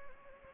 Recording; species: mosquito wingbeat signal from an infrared sensor; Anopheles gambiae